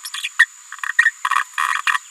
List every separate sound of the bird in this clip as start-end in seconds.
0.05-0.09, 0.23-0.28, 0.39-0.45, 0.72-0.74, 0.98-1.11, 1.35-1.44, 1.58-1.79, 1.87-1.97